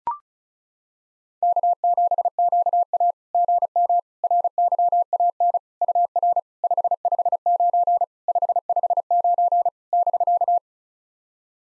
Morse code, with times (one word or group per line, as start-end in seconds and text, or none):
1.4-3.1 K7QA
3.3-4.0 GM
4.2-5.6 RYAN
5.8-6.4 UR
6.6-8.0 559
8.3-9.7 559
9.9-10.6 <BK>